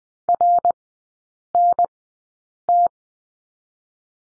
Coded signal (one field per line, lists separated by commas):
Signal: Morse code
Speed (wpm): 20 wpm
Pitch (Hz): 700 Hz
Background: none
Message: RNT